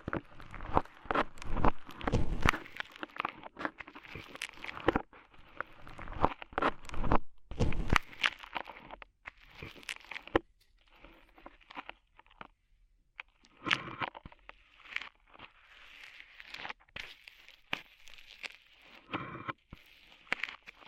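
Ear cleaning with rhinestones and clay being removed: dense crackling, crunching and tearing sounds come in quick irregular bursts. The first eight seconds are busiest and loudest, then the scratches thin out with short quiet gaps before picking up again in clusters.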